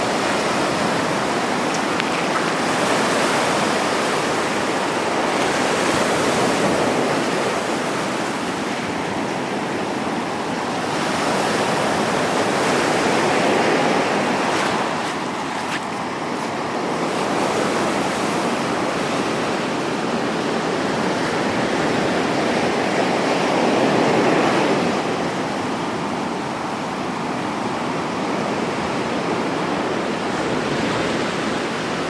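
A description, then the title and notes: Surf on a beach: a dense, continuous wash of breaking waves with no gaps between them. The roar swells and eases slowly, with fuller surges around 4, 15 and 24 seconds. It is full from low rumble to bright hiss. A mosaic of sounds recorded on 100 beaches from around the world.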